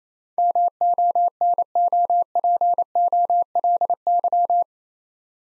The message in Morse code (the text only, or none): MONOPOLY